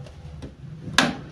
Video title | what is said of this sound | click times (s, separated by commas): PASANG SSD M2 NVME PERTAMA GAK KEBACA ENDINGNYA BISA | Ah, kita dorong sampai bunyi ceklek gitu. | 1.0 s